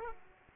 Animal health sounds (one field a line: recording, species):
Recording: mosquito wingbeat signal from an infrared sensor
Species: Aedes aegypti